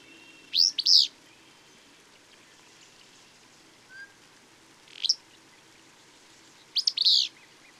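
Bird song: a bright burst of sweeping chirps, a brief soft note, a single high chirp, then another rapid chirping phrase.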